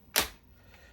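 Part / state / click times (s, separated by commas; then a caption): battery pack into cordless vacuum body / seated / 0.2 s. A removable battery pack for a Honiture X7 cordless vacuum is lined up and slid into the vacuum body. It seats with a sharp click at 0.2 s, followed by a much fainter tick at 0.7 s. The battery is clicked home and ready to go.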